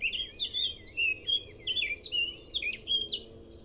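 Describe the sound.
Eurasian blackcap song, a fast continuous warble of varied rising and falling notes with brief pauses between bursts, over low background rumble.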